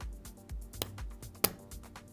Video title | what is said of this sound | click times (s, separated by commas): Repair - Surface Pro 10 for Business | and you should hear that audible click and if it clicks you know you're good and then you can just bend this back and forth | 1.4 s